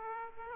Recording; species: mosquito wingbeat signal from an infrared sensor; Aedes aegypti